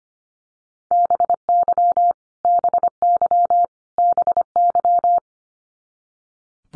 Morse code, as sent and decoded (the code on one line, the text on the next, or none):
-... -.-- / -... -.-- / -... -.--
BY BY BY